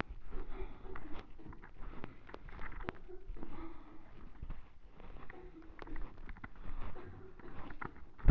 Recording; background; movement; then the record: deep breathing; a bystander coughing; walking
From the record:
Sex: male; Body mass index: 23.7 kg/m2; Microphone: on the chest, facing the body